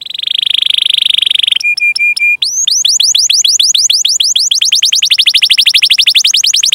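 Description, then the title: Canary delivers a dense rolling trill, a few flat whistled notes, then a long quick series of sweeping chirps. Canary singing vigorously (gacor) with its best cengkok phrasing and lavish isian fills, intended for song training by bird-keeping hobbyists. "Kenari Gacor Cengkok Terbaik Isian Paling Mewah Kenarigacor Kicaumania Kenari"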